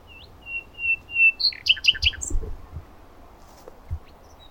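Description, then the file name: Common nightingale song: soft, drawn-out whistles swelling in loudness, then loud, chunky repeated notes, over a low background rumble. "Luscinia megarhynchos"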